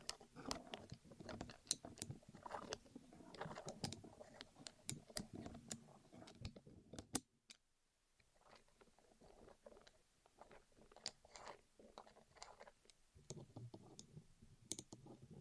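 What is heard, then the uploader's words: Close ASMR rolling and crinkling against the ears, a dense run of soft clicks, crackles and sharp bright ticks. The texture is busy for the first seven seconds, drops almost silent around the eighth second, then returns sparser, building again near the end. ASMR Rolling On Your Ears (No Talking).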